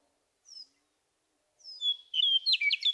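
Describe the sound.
Western meadowlark song: a thin high note, then clear whistles dropping into a rapid gurgling, warbled finish.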